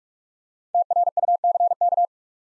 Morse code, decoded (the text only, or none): TRUCK